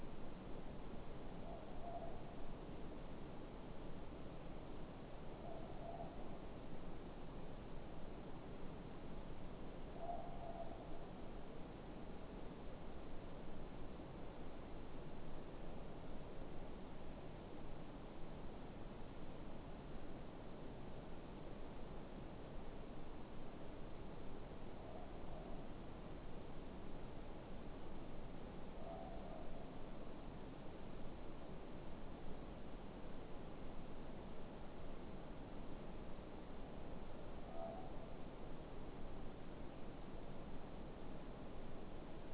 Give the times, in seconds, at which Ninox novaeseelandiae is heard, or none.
1.38-2.24, 5.36-6.21, 9.85-10.83, 24.72-25.67, 28.72-29.42, 37.35-38.00